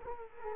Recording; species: mosquito wingbeat signal from an infrared sensor; Culex quinquefasciatus